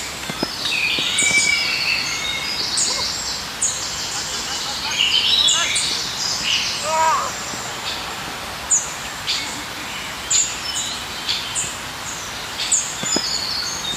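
Birds chirp and tweet in the park over a steady hiss of background noise, with quick bright calls scattered throughout. A brief burst of short, falling notes stands out around seven seconds, and occasional sharp clicks and faint voices mix in.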